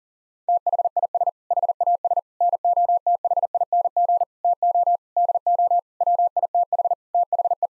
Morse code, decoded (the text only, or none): THIS HAS NOTHING TO DO WITH THE